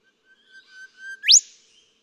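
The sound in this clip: Golden whistler song with several level, swelling whistles on one note, closed by a loud upward-sweeping whip.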